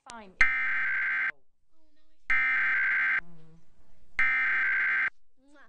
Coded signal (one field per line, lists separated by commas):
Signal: Emergency Alert System (SAME) tones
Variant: header bursts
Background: speech